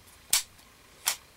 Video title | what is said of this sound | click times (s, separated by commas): CZ 75 SP 01 Tactical 9mm Pistol | Snaps right in. | 0.3 s